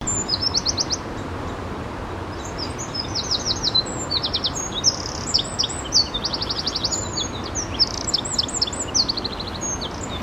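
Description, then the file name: Eurasian wren song, an energetic stream of high, piercing notes and repeated rattling trills running almost without pause, with a low steady rumble behind. "Troglodytes troglodytes"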